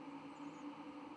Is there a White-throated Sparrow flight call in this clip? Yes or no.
no